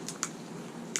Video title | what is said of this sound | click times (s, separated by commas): knifes and cutting tools prepping recommendations | this stays on the vest clicks | 0.2 s, 1.0 s